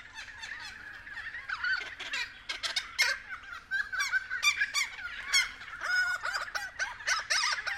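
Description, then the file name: Friarbirds giving loud, raucous calls, with distinct bouncy, nasal phrases standing out against a steady background of chattering birds. Several friarbirds recorded at 6:30 AM. "BIRD-FRIARBIRDS-N-301111-6 30 AM"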